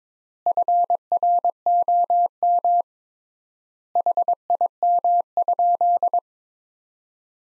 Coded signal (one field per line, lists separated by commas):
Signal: Morse code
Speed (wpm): 21 wpm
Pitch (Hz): 700 Hz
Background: none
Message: FROM HIM?